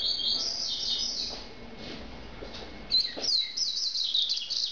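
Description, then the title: Double-collared seedeater singing rapid, high, jumbled twitters: one burst at the start, then a longer one after a pause, over a soft background hiss. "Canto Coleiro"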